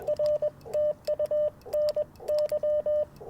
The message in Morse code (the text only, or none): R TU NY